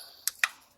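A wiring connector is pushed into the replacement starter on a 2000–2003 Ford Mustang during starter installation. Two sharp, bright snaps ring out at 0.3 s and 0.4 s against a quiet background, and the connector is seated.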